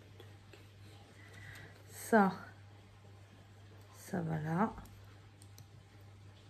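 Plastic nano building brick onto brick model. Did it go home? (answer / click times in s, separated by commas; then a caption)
yes / 5.4 s, 5.6 s. A small plastic nano building brick is placed and pressed down onto a brick model while someone talks. Two sharp, short clicks follow at 5.4 s and 5.6 s as the brick seats firmly, which matters because a badly clipped brick comes loose as building continues.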